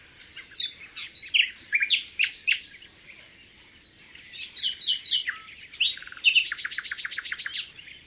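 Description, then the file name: Common nightingale singing varied high phrases: quick chirps, sharp whistled notes and fast rattling runs of repeated notes, broken by brief pauses. "rouxinol comum"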